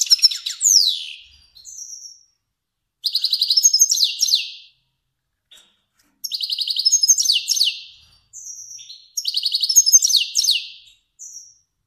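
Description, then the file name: Finch song in repeated bursts about every three seconds, each a fast run of high buzzy notes and descending slurs, separated by short quiet gaps. Kermani finch. "sound finch kermani long"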